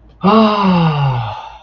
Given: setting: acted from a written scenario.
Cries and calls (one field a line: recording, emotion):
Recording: vocal sound without words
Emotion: ecstasy